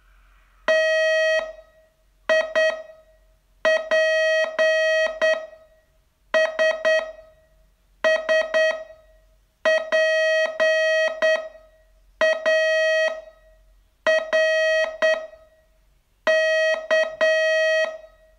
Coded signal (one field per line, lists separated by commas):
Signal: Morse code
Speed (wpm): 9 wpm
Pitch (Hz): 640 Hz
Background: none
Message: TIPS SPARK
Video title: Learn Morse in 42 Days from VU2LAU - day 27